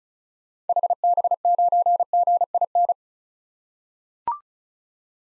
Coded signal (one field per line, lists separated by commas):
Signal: Morse code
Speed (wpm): 36 wpm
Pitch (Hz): 700 Hz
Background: none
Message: HB9GIN